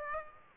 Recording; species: mosquito wingbeat signal from an infrared sensor; Aedes aegypti